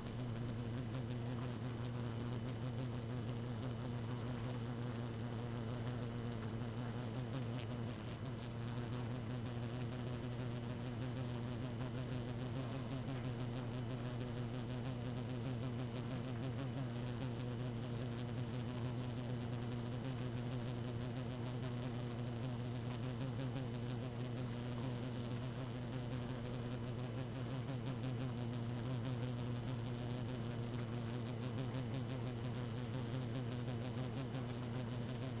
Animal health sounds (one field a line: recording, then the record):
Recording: honeybee colony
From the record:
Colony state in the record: active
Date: 12 June 2018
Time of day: 1:11